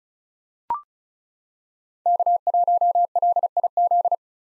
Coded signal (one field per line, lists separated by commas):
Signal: Morse code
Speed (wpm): 36 wpm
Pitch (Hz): 700 Hz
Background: none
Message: K1LIZ